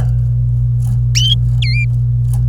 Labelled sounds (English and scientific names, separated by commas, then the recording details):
Domestic Canary (Serinus canaria) song
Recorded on 26 April 2018 at 09:33
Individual llb3